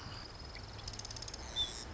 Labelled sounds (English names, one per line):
Marsh Wren